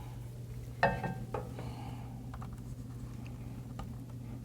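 The plug of the supplied USB-C cable is pushed into the socket of the supplied adapter and seats with a sharp click at 0.8 s. A few fainter taps and handling sounds follow over a steady low hum. The connector is seated.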